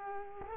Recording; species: mosquito wingbeat signal from an infrared sensor; Culex quinquefasciatus